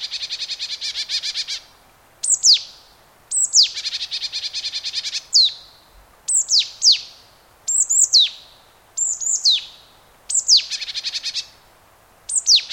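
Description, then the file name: Marsh tit calls: sharp, descending notes in quick pairs, repeated about every one and a half seconds, with buzzy, rapidly pulsed chatter in the first part. "Poecile palustris"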